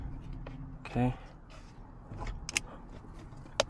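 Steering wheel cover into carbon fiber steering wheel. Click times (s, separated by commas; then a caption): 2.6 s, 3.6 s. A plastic steering wheel cover is pushed by hand into a carbon fiber steering wheel on a 2024 Ford F150 while someone talks briefly. Sharp clicks at 2.6 s and 3.6 s mark the cover clicking into place, and it is seated.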